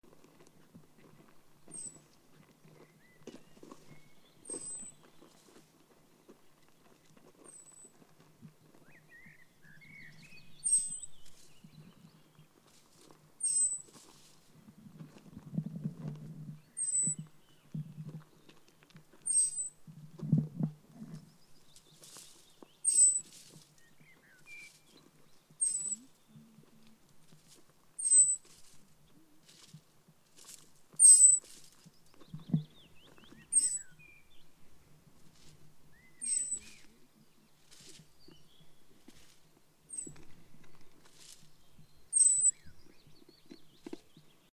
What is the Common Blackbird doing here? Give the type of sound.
call